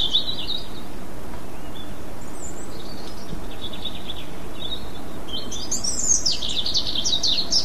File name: rouge gorge